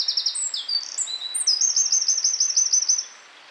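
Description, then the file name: Eurasian wren song: a rapid, high tinkling outpouring of trills and fast runs of notes, lasting about three seconds, then quiet. "Troglodytes troglodytes"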